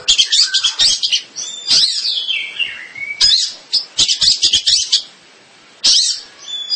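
Bird song in loud bursts of high, buzzy chattering notes, with one long descending slurred whistle and short pauses between bursts.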